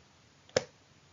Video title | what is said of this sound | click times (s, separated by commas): Using an Insulin Pen with a Safety Needle Tip: In-Hospital Protocol | Okay, you heard a little click there. | 0.6 s